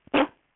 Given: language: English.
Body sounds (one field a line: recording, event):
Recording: throat vibration sensor signal played as sound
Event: cough